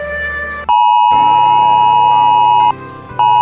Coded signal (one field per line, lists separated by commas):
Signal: Emergency Alert System (SAME) tones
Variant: 853 and 960 Hz attention tone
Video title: Mini EAS SCENARIO/historia/reflexión:15-J7,día de la oscuridad Traicionera del abismo..amistad falsa